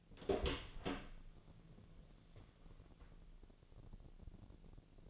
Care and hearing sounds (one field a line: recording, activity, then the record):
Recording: daily activity, microphone in the room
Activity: open door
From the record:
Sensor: 4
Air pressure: 1001.3 hPa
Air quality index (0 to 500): 184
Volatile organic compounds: 2 ppm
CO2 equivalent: 1314 ppm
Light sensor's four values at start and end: 16/38/15/16 and 14/33/14/14